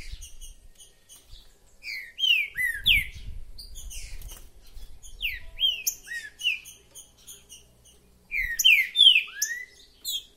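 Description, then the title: Green-winged saltator song: rich slurred whistled phrases in several bursts, with thin high chips between them. Chirping, singing and territorial calls in a contest between two birds, used to warm up a bird for competition. "Macheando na DISPUTA|Diplomata vs Águia"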